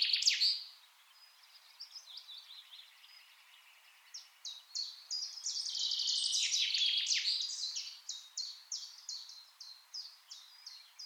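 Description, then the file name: Common chaffinch song: a short loud burst, quieter notes, then a long rich rattling phrase swelling midway and trailing off into regularly repeated sharp notes. "Fringilla coelebs"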